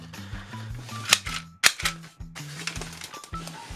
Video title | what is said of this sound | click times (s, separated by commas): Hello Carbot Buddyguard Review/헬로카봇 버디가드 영어 원어민 리뷰 | you can just reset this by pulling this trigger back and you hear two clicks | 1.1 s, 1.7 s